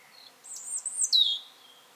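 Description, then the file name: European robin call: a thin, high, wavering note sliding downward over about a second, with a faint squeak before it; quiet background. "Erithacus rubecula - European Robin"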